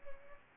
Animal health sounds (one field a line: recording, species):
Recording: mosquito wingbeat signal from an infrared sensor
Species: Aedes albopictus